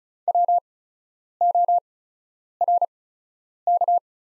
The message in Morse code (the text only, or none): WORK